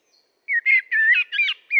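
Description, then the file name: Common blackbird giving a brief, rich fluted warble of several connected notes. "Turdus merula"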